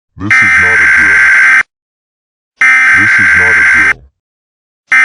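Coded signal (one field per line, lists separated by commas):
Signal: Emergency Alert System (SAME) tones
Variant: header bursts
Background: speech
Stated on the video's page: Fictional EAS scenario.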